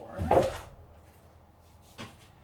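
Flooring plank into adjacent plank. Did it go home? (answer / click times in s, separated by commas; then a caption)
yes / 0.3 s. A click-lock flooring plank is fitted into the previous plank on the foam subfloor in a bus, and a sharp knock at 0.3 s marks it locking into place. A fainter knock follows around 2.0 s over a low, quiet background. The plank is seated.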